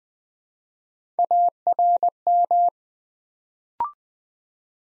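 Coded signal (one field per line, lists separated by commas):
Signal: Morse code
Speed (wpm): 20 wpm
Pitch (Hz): 700 Hz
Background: none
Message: ARM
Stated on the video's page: Morse practice at 20 WPM for beginners, sending 3-letter words one letter at a time to build instant character recognition.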